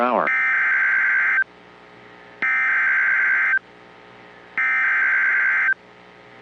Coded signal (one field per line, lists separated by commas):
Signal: Emergency Alert System (SAME) tones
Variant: header bursts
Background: speech